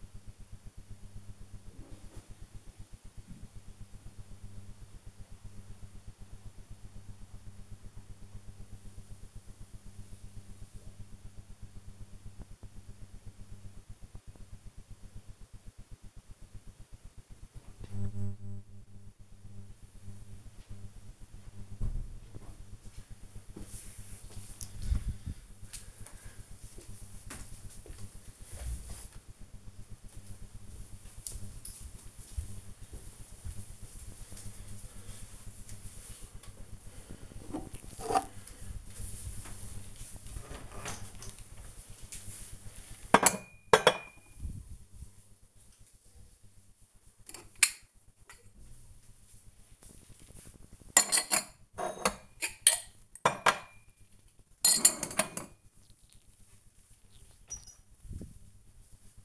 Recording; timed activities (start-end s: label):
household activities, microphone on the right wrist
36.29-59.25 s: putting away the dishes